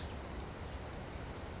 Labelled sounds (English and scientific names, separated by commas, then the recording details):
California Towhee (Melozone crissalis)
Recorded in Sonoma County, California